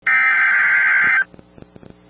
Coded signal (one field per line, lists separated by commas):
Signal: Emergency Alert System (SAME) tones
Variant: header bursts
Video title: Tornado Warning (4/17/26) [EAS #394]